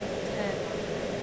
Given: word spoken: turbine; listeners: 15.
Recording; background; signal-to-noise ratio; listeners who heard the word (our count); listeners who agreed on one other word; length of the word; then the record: one English word in noise, from a listening test; speech-shaped noise; -5.8 dB; 0 of 15; 8 of 15; 0.83 s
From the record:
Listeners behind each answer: 8, 3, 2, 1, 1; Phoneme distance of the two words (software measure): 20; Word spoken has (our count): 2 syllables, 5 phonemes, stress on syllable 1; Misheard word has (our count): 2 syllables, 5 phonemes, stress on syllable 1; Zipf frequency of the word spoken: 3.48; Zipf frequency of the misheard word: 2.94